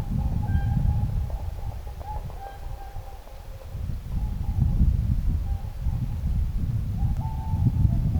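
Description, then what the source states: Whooper swan flight calls: fainter, thinner honks repeated irregularly, partly buried under a heavy, fluctuating low rumble. A pair calling in flight, recorded on 9 November 2025.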